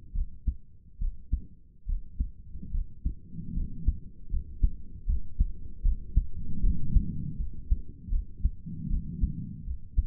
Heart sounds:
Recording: heart sounds by stethoscope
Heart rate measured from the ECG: 76 bpm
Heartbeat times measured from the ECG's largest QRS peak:
0.14 s: heartbeat
1.00 s: heartbeat
1.87 s: heartbeat
2.72 s: heartbeat
3.55 s: heartbeat
4.31 s: heartbeat
5.07 s: heartbeat
5.83 s: heartbeat
6.62 s: heartbeat
7.38 s: heartbeat
8.10 s: heartbeat
8.89 s: heartbeat
9.65 s: heartbeat
From the record:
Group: healthy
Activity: rest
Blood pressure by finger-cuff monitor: 85/55 mmHg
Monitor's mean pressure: 64 mmHg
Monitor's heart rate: 76 bpm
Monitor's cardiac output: 6 L/min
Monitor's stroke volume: 84 mL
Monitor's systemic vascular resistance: 760 dyn s/cm5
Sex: female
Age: 22 years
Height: 163 cm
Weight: 67.1 kg

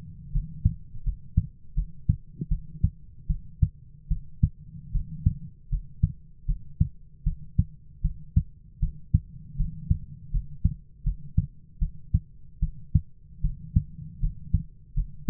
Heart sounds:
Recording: heart sounds by stethoscope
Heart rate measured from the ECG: 78 bpm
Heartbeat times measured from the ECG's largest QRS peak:
0.32 s: heartbeat
1.04 s: heartbeat
1.75 s: heartbeat
2.49 s: heartbeat
3.28 s: heartbeat
4.09 s: heartbeat
4.92 s: heartbeat
5.70 s: heartbeat
6.46 s: heartbeat
7.24 s: heartbeat
8.02 s: heartbeat
8.80 s: heartbeat
9.57 s: heartbeat
10.31 s: heartbeat
11.04 s: heartbeat
11.79 s: heartbeat
12.60 s: heartbeat
13.42 s: heartbeat
14.20 s: heartbeat
14.94 s: heartbeat
From the record:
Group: healthy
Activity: rest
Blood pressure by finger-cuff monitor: 118/68 mmHg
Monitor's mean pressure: 89 mmHg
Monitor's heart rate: 77 bpm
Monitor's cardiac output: 7.6 L/min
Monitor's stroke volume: 96 mL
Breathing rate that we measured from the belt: 13 breaths a minute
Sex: female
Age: 22 years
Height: 161 cm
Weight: 65.5 kg

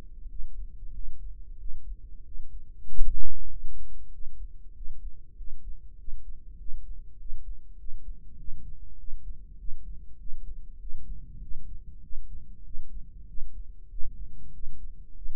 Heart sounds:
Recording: heart sounds by microphone in the right ear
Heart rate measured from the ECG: 97 bpm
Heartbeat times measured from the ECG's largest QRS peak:
0.31 s: heartbeat
0.95 s: heartbeat
1.61 s: heartbeat
2.27 s: heartbeat
2.90 s: heartbeat
3.51 s: heartbeat
4.14 s: heartbeat
4.77 s: heartbeat
5.39 s: heartbeat
6.00 s: heartbeat
6.60 s: heartbeat
7.20 s: heartbeat
7.80 s: heartbeat
8.40 s: heartbeat
9.00 s: heartbeat
9.60 s: heartbeat
10.21 s: heartbeat
10.81 s: heartbeat
11.43 s: heartbeat
12.04 s: heartbeat
12.66 s: heartbeat
13.29 s: heartbeat
13.92 s: heartbeat
14.55 s: heartbeat
15.17 s: heartbeat
From the record:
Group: healthy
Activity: rest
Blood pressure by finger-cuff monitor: 125/67 mmHg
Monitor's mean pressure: 84 mmHg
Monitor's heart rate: 97 bpm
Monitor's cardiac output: 8.4 L/min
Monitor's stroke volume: 87 mL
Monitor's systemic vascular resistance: 750 dyn s/cm5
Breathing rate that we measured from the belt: 19 breaths a minute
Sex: male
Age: 21 years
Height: 175 cm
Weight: 72.6 kg

